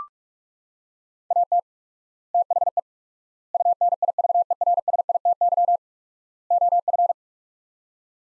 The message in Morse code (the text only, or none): AT THE UNIVERSITY OF